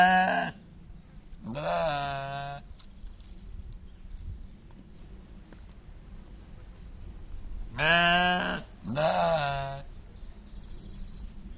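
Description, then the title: Soay sheep bleating, four harmonic bleats: two near the start, a pause of about five seconds, then two more, with faint background noise. Captive Soay sheep in a zoo in Germany. "Soay Schafe. Soay sheep. 54597, Deutschland"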